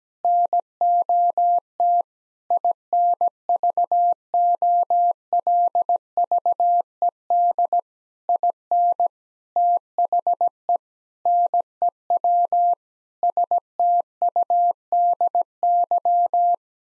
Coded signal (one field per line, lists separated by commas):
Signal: Morse code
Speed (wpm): 17 wpm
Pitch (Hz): 700 Hz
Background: none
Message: NOT INVOLVED IN THE NEW STUDY